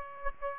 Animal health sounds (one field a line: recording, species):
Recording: mosquito wingbeat signal from an infrared sensor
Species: Aedes aegypti